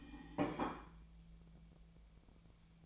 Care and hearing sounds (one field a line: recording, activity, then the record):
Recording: daily activity, microphone in the room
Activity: place plate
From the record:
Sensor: 1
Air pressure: 1009.4 hPa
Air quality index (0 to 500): 196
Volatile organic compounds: 20 ppm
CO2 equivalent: 2674 ppm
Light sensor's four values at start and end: 28/72/30/36 and 28/72/30/36